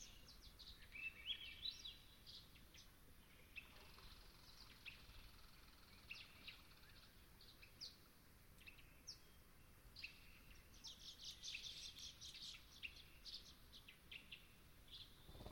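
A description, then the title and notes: Dusk at Long Swamp: dense, overlapping bird chirps and trills fill the air throughout over a steady low rumble of background noise. Long Swamp, Dusk. The air was still as I sat down to record; the temperature a chill 60ºF/ 15.5ºC, and the moon was expected to be full. I could hear distinct non-song vocalization from Swainson’s Thrushes.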